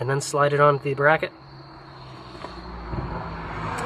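On a 2000 Civic that won't start in the wet, the wiring connector of a newly replaced distributor, already plugged in, is slid onto its mounting bracket on the engine. Someone talks at the start, then after a quiet stretch of low background hum a single short hit at 2.5 s marks the connector seating on the bracket.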